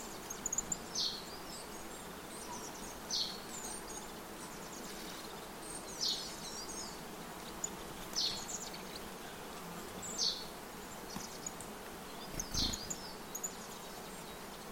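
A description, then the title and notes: A forest soundscape with a steady, even hiss of background noise throughout. Short bright chirps or calls pop up about every two seconds, some with faint high twitters between them, and a soft low thump lands near the twelve-second mark. A soundscape of forest recordings. Forest soundscape.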